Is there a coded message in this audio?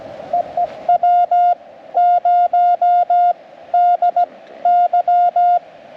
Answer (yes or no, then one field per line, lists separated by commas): yes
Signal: Morse code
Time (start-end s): 0.3-5.6 s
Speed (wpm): 17 wpm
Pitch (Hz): 710 Hz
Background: none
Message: EE W0DY